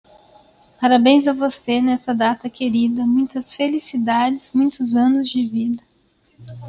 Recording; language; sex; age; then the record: short text; Brazilian Portuguese; female; 30 to 39 years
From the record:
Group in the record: control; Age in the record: 38 years